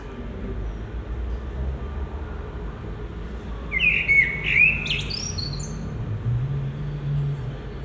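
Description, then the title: Common blackbird gives one short warbled phrase with a high twittering end midway, amid low rumbling traffic-like noise. Recorded at Résidence Sainte-Gertrude, Marolles, Brussels, Belgium, with a Sony PCM-M10 and Luhd PM-01 binaural microphones. "Marolles, 1000 Bruxelles, Belgique - Résidence Sainte-Gertrude - Merle - Blackbird"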